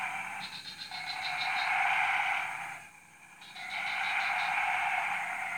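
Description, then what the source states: Frogs chorusing, a buzzy trill with a train of rapid pulses, dropping to a short lull before resuming. Frog chorus recorded at 03:00 on Tuesday 14 February 2017 at Jalan Kolonel Sugiono No. 9, Kuala Kapuas, Central Kalimantan, Indonesia.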